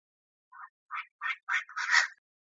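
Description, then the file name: Chinese francolin giving a short series of five harsh, raspy notes that grow louder and longer, the last one broadest, with silence around them. Female calling, Thailand. "tieng chim da da mai goi trong thai lan"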